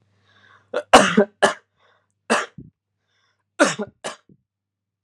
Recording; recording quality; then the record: heavy voluntary cough; excellent, no background noise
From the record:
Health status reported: healthy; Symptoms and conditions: none ticked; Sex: male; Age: 26 years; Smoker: not ticked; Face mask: not worn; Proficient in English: yes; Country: India